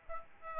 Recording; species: mosquito wingbeat signal from an infrared sensor; Aedes albopictus